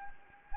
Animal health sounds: mosquito wingbeat signal from an infrared sensor; Anopheles gambiae

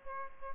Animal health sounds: mosquito wingbeat signal from an infrared sensor; Aedes aegypti

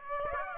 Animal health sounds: mosquito wingbeat signal from an infrared sensor; Aedes aegypti

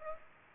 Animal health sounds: mosquito wingbeat signal from an infrared sensor; Aedes aegypti

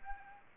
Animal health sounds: mosquito wingbeat signal from an infrared sensor; Aedes aegypti

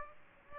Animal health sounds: mosquito wingbeat signal from an infrared sensor; Aedes aegypti

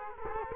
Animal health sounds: mosquito wingbeat signal from an infrared sensor; Culex quinquefasciatus

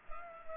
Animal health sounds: mosquito wingbeat signal from an infrared sensor; Culex pipiens

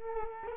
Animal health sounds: mosquito wingbeat signal from an infrared sensor; Culex quinquefasciatus

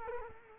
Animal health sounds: mosquito wingbeat signal from an infrared sensor; Culex quinquefasciatus

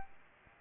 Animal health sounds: mosquito wingbeat signal from an infrared sensor; Aedes albopictus

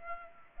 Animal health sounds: mosquito wingbeat signal from an infrared sensor; Culex pipiens

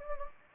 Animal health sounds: mosquito wingbeat signal from an infrared sensor; Anopheles gambiae

